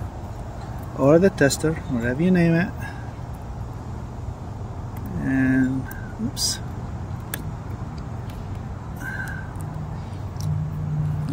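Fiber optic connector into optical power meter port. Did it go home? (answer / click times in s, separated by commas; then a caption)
yes / 10.4 s. Someone talks while a fiber optic connector is plugged into the port of an optical power meter, or tester, over a low steady hum with a few sharp ticks. After a slip, the connector is pushed in a little further and clicks into place at 10.4 s. It is seated, and the meter then reads minus 13.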